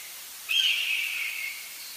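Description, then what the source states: Bird call: one harsh, steady note held for about a second at a mid-high pitch, with light background hiss. Northern Illinois.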